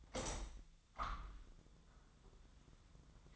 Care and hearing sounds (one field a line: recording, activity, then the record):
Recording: daily activity, microphone in the room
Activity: open window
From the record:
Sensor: 3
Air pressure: 1004.6 hPa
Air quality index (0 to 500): 102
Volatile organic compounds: 4 ppm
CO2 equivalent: 1597 ppm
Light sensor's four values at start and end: 7/16/6/6 and 7/16/6/6